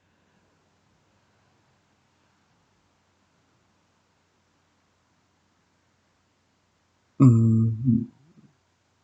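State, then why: Not seated. A replacement pad, likely rubber, is being fitted into an eyelash curler after a piece that was in the wrong spot was removed. The clip is near-silent with a faint low hum until about 7.2 s, when someone talks briefly. The pad is still being handled and nothing has seated or clicked yet.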